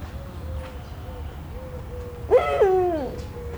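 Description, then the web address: Eurasian eagle-owl uttering one harsh, falling call, preceded by a series of soft tonal notes, with a steady low hum throughout. Captive at a zoo in Szeged, Hungary; recorded 2011. "szegedizoo 2011 uhu facanis"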